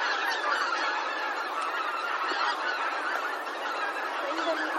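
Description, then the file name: Bean goose flock calling, a dense continuous chorus of overlapping nasal honks and cackles with no pauses. "hisikui"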